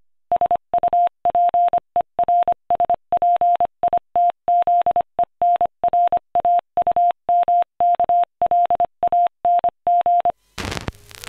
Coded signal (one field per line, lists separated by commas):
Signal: Morse code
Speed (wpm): 25 wpm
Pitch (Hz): 700 Hz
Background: none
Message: SUPERSPITZENRAUMKLANG